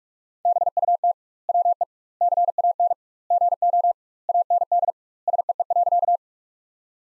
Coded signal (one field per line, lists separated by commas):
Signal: Morse code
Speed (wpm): 46 wpm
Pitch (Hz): 700 Hz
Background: none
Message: BUT WE CAN GO AND SEE.